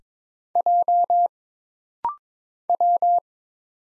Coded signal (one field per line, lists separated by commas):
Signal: Morse code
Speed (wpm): 23 wpm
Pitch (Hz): 700 Hz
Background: none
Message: J W